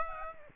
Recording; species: mosquito wingbeat signal from an infrared sensor; Aedes aegypti